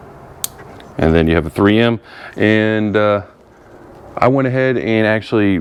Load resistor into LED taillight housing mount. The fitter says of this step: and it just snaps into place nice and easy